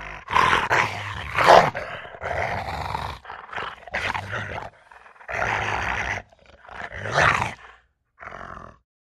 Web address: rottweiler